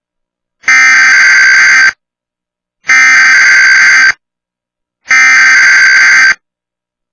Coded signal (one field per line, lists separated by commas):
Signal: Emergency Alert System (SAME) tones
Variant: header bursts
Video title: TWC TV App Annoying EAS Weekly Test Glitch